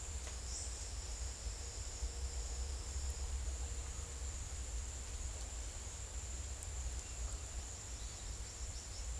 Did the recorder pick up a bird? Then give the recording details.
no. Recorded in secondary vegetation near Puerto Asís, Putumayo, Colombia, on 20 December 2024 at 10:00. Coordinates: 0.488, -76.319. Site GP04